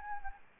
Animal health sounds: mosquito wingbeat signal from an infrared sensor; Anopheles arabiensis

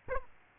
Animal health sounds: mosquito wingbeat signal from an infrared sensor; Aedes aegypti

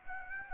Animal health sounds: mosquito wingbeat signal from an infrared sensor; Aedes aegypti

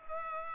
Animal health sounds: mosquito wingbeat signal from an infrared sensor; Culex pipiens

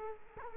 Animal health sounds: mosquito wingbeat signal from an infrared sensor; Culex quinquefasciatus

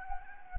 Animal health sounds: mosquito wingbeat signal from an infrared sensor; Anopheles gambiae

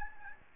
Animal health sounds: mosquito wingbeat signal from an infrared sensor; Aedes albopictus

